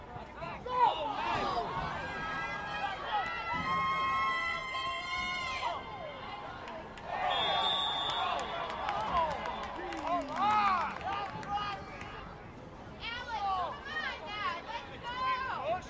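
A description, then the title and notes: Voices fill a soccer game outdoors, with several people shouting and calling out at once in bright, rising and falling cries. Loud calls come in bursts around one, eight and eleven seconds, over a steady murmur of crowd noise. Sweet Home High School, 1901 Sweet Home Rd. Soccer Game. This recording was taken at my high school; looking out onto the field from the bleachers.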